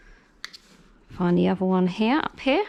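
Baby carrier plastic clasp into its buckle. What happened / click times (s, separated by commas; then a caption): The plastic clasp clicked into its buckle / 0.4 s. A plastic clasp on a BabyBjorn baby carrier is pushed into its buckle and clicks shut at 0.4 s, a short sharp snap followed by a fainter tick just after. The clasp is seated, and the click signals that the baby is secure in the carrier. Someone then talks for the rest of the clip.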